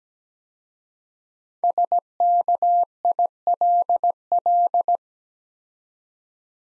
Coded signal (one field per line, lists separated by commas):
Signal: Morse code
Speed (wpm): 17 wpm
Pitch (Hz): 700 Hz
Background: none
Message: SKILL